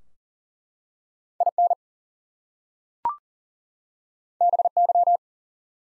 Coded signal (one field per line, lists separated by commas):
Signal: Morse code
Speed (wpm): 40 wpm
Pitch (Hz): 700 Hz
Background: none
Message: IN BY